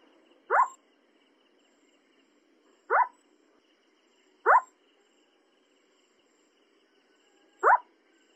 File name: Krik sovy - Oshejnikovaya sovka